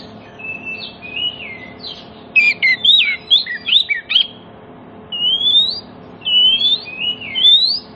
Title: Cukup Hitungan Menit Kacer Lain Bisa Bunyi. CUKUP 5 Menit Kacer LAIN NYAUT JADI GACOR, PANCINGAN KACER MACET BUNYI